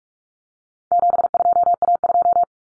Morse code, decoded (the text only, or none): 72A2